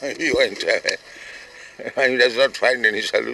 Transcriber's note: chuckles